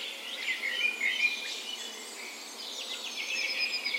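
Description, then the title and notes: Birds singing a dawn chorus, a dense mix of high chirps, trills and warbles from several birds overlapping throughout. Spring dawn chorus recorded in a park west in Bergen, Norway, on the morning of 17 May, Norway's National Day; Sony PCM A10 recorder with LOM Usi microphones as tree ears. "17th Of May Dawn Chorus. Recorded on the morning of Norways National Day the 17th of May in a park west in Bergen. Spring is in full effect, and the dawn chorus sounds wonderful!"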